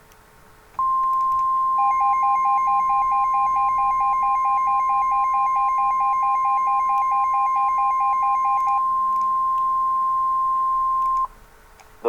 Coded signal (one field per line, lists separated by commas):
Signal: Emergency Alert System (SAME) tones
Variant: 1050 Hz attention tone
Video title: EAS #TBT REMAKE- Shelter In Place Warning For Monroe County (9/20/2014)